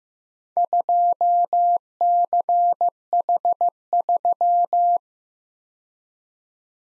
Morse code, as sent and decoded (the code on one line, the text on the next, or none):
..--- -.-. .... ...--
2CH3